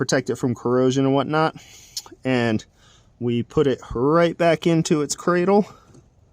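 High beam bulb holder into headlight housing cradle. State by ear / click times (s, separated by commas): not seated / none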